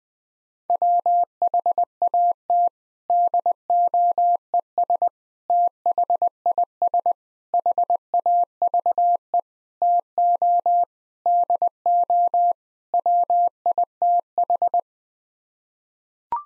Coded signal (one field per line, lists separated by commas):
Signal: Morse code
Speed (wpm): 20 wpm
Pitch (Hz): 700 Hz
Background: none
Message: WHAT DOES THIS HAVE TO DO WITH